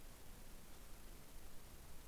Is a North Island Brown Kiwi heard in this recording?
no